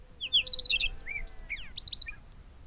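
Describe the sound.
Chinese rubythroat singing a quick, varied phrase of bright whistled notes, short trills and downslurred chips, clear against a quiet background.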